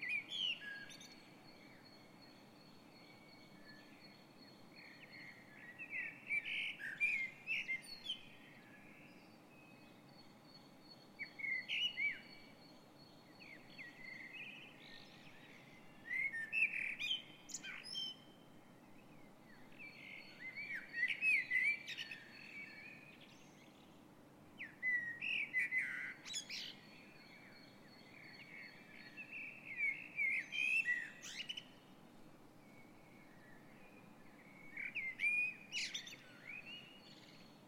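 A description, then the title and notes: A dawn chorus of songbirds, with bursts of chirping and warbling phrases arriving every four to five seconds, some bright. Between phrases a steady low hum of city traffic fills the background. Dawn Chorus 06:00 AM Den Haag. Met naast de gewoonlijke deelnemers (Merel, Roodborstje, Winterkoning enz.) ook Kauwtjes, Meeuwen en een duif. With Jackdaws, Seagulls and a pigeon added to the usual bunch (Blackbird, Robin, Wren etc.)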